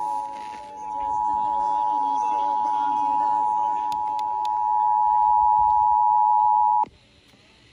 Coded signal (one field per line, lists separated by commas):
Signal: Emergency Alert System (SAME) tones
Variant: 853 and 960 Hz attention tone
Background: speech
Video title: EAS #1112-1119 NATIONAL EAS TEST OF 2021 on August 11, 2021 (Finally a legit CT Test) Last 2021 EAS